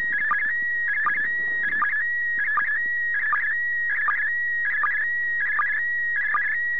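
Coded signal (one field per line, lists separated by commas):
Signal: SSTV (slow-scan television)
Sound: rhythmic warbling tone near 2 kHz with regular low ticks, alternating with steady whistles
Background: faint radio static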